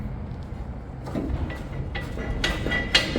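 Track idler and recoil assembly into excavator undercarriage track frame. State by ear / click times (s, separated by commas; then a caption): not seated / none. On a Hitachi ZX225 excavator, a new front idler and recoil assembly is worked further into the steel track frame of the undercarriage with hammer blows after the old idler wore out too fast. Low rumbling and scraping lead into two sharp metallic knocks at about 2.4 and 2.9 seconds. Nothing has seated yet; the assembly is still not home when the clip ends.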